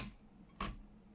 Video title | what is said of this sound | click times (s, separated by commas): Edith Holden Tags - Using The Text Book Pages - Junk Journal | It just snaps into place. | 0.6 s